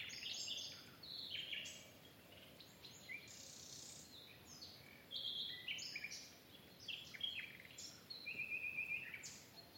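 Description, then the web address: Birdsong with fast high chirping notes and a short buzzy trill near the end, phrases coming in clusters over faint background hiss. "cianscape birddata Deverinetal Bird Only Lu Me"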